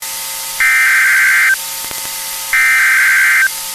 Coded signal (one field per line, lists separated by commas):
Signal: Emergency Alert System (SAME) tones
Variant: header bursts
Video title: TORNADO EMERGENCY EAS ON WNG639 4/15/2022